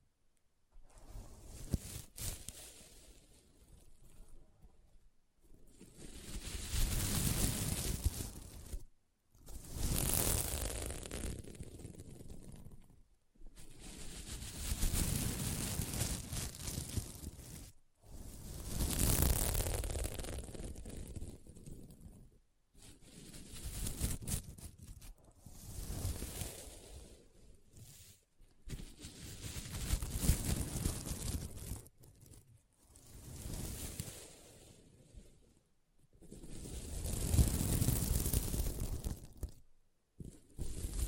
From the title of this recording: SequinMermaid Pillow Scratching Sounds